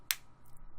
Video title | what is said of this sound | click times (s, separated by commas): How To Easily Quit Smoking TODAY | clicked nice and then there's a little light here and if I tap this twice | 0.1 s